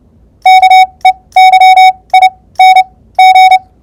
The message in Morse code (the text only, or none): KEYING